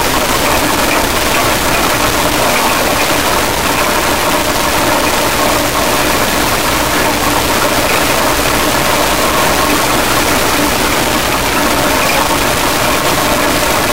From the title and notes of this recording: Spokane River white noise. Recordings of the Spokane River made from this footbridge by Dan Bodah in August 2003.